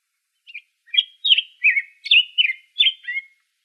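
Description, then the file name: Black-headed grosbeak delivering one warbled phrase of about eight sweet, slurred notes, up and down in pitch, in a clear quiet setting. Arizona, 3 May 2005. "BHGR 5 deviche"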